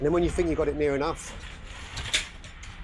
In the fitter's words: you can push it up like that feel it click in